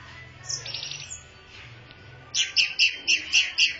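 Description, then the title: Orange-headed thrush singing: a soft high phrase, then a brisk series of about six bright repeated notes, about four per second, over low humming background. Described as a champion bird, singing persistently in a rapt, intense style. "Suara Burung Anis Merah Gacor Teler Doyorng Juara"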